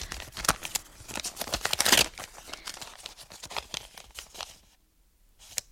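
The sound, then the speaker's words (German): A paper envelope is torn open. Paper rips and crinkles in a rapid series of crackly bursts, peaking in one loud tear, then falls quiet before a last short rustle. No voices are heard. “Ich weiß nicht, wieso ich die Geistesgegenwart hatte, den Umschlag nicht eher aufzureißen, bis ich mich in meinem Zimmer befand, die Tür geschlossen und den Riegel vorgeschoben hatte.”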